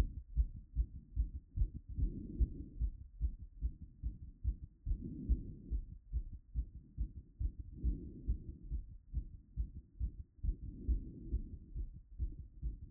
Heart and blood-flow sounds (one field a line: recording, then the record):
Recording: heart sounds by stethoscope after running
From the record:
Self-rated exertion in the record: moderate exertion (3 of 6)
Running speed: 7 mph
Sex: female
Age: 23 years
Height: 163 cm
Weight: 70 kg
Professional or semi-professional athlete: no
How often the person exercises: 1 to 2 times a week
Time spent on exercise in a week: 1 to 2 hours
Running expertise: no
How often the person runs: 1 to 2 times a week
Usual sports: running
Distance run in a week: 7 km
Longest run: 7 km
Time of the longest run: 50 minutes